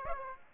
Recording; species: mosquito wingbeat signal from an infrared sensor; Aedes aegypti